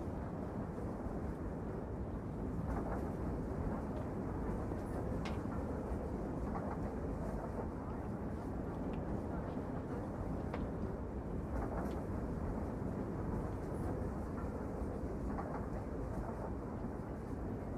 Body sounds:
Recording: background sound without coughing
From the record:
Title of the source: Train Ride Ambience ambient white noise for sleeping, focus, studying, reading

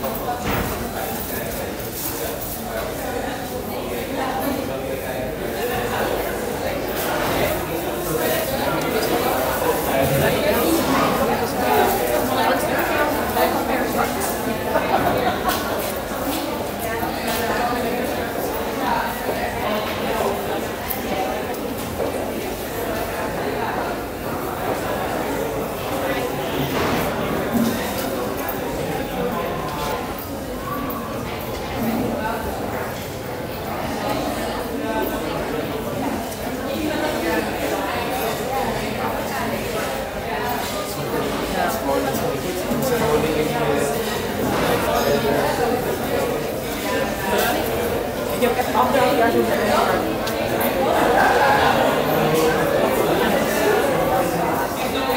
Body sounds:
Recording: background sound without coughing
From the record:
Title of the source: 40 min - Ambience sounds UNIVERSITY lunchroom chatting

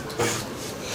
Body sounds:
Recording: coughing mixed with background sound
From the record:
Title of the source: Cough Around the Clock!

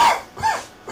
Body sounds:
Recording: coughing mixed with background sound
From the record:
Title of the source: Spring Cold Coughing 2

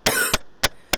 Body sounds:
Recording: coughing mixed with background sound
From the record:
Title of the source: 30 Chesty and wet cough

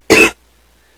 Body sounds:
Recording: coughing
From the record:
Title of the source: 61 morning phlegmy cough...again

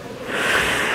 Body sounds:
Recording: coughing mixed with background sound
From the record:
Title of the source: 31 night wet cough

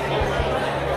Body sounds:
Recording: background sound without coughing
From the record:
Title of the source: CITY SOUNDS Busy Bar in the Evening Night - 2 HOURS of Ambiance for Relaxation

